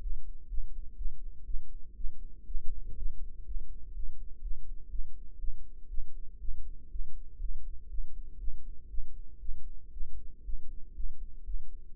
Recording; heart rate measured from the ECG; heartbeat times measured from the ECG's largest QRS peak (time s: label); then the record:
heart sounds by microphone in the right ear; 121 bpm
0.01 s: heartbeat
0.49 s: heartbeat
0.96 s: heartbeat
1.45 s: heartbeat
1.95 s: heartbeat
2.46 s: heartbeat
2.96 s: heartbeat
3.46 s: heartbeat
3.94 s: heartbeat
4.42 s: heartbeat
4.90 s: heartbeat
5.38 s: heartbeat
5.88 s: heartbeat
6.39 s: heartbeat
6.90 s: heartbeat
7.40 s: heartbeat
7.89 s: heartbeat
8.39 s: heartbeat
8.89 s: heartbeat
9.40 s: heartbeat
9.91 s: heartbeat
10.44 s: heartbeat
10.94 s: heartbeat
11.45 s: heartbeat
11.95 s: heartbeat
From the record:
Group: healthy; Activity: rest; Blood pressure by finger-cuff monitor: 143/77 mmHg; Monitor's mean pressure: 93 mmHg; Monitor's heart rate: 120 bpm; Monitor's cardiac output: 9.6 L/min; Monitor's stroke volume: 79 mL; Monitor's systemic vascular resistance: 710 dyn s/cm5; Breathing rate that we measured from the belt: 16 breaths a minute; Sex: female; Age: 19 years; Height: 163 cm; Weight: 51 kg